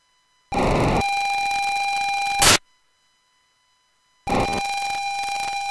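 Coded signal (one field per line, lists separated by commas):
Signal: POCSAG pager data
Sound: hiss, then a harsh buzzing digital data burst, a noise crash, silence, then another burst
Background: radio static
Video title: POCSAG P2000 system 169 650 MHz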